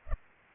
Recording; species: mosquito wingbeat signal from an infrared sensor; Culex pipiens